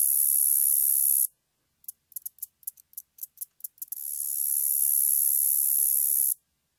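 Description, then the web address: Common meadow katydid: a high sizzling buzz breaks off into about a dozen evenly spaced ticks, then a second buzz lasting over two seconds. "Crickets and Katydids. Common Meadow Katydid, Orchelimum vulgare"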